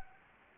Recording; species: mosquito wingbeat signal from an infrared sensor; Anopheles gambiae